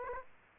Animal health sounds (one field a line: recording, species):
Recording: mosquito wingbeat signal from an infrared sensor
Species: Aedes aegypti